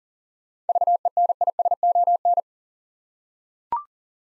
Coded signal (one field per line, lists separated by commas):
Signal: Morse code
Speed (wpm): 40 wpm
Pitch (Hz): 700 Hz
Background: none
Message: VENISON